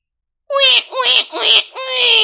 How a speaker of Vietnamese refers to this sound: Không lâu sau, một đứa trẻ sơ sinh cất tiếng khóc chào đời rất là dễ thương.